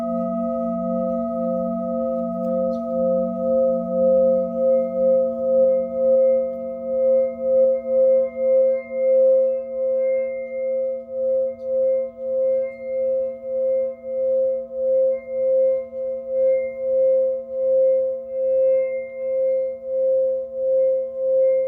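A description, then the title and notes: A Tibetan singing bowl rings steadily for the whole clip, its mid tone pulsing in regular waves over a low hum and higher overtones. Tibetan Singiing Bowl のサウンドヒーリング. 屋外収録 緑の中で.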